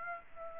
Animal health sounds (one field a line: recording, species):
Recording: mosquito wingbeat signal from an infrared sensor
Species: Aedes aegypti